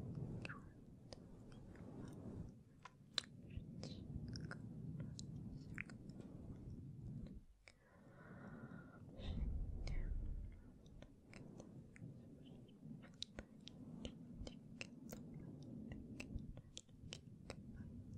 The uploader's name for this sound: Inaudible Whispering and Gentle Mic Touching